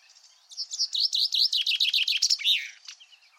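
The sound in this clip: Common chaffinch singing a rapid descending series of crisp repeated notes, closing with a flourish, then faint softer notes after.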